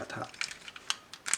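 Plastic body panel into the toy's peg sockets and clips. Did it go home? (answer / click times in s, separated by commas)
yes / 0.9 s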